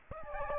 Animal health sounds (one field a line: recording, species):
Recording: mosquito wingbeat signal from an infrared sensor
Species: Aedes aegypti